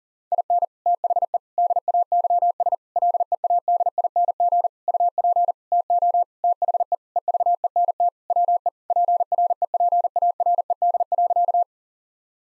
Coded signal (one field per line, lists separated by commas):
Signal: Morse code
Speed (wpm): 40 wpm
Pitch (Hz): 700 Hz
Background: none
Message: IN THE DAYS LEADING UP TO THE EVENT WE PREPARED.